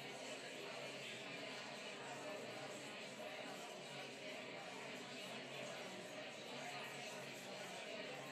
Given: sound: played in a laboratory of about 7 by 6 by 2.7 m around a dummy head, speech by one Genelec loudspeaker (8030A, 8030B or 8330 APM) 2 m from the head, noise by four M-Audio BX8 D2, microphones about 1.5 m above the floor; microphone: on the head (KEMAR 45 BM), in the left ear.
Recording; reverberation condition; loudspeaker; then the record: babble noise; medium; four, about 170 cm from the corners of the room and facing them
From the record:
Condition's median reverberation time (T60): about 510 ms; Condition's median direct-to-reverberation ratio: about -0.5 dB